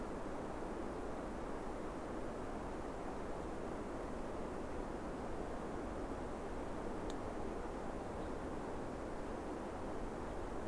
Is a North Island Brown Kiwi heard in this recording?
no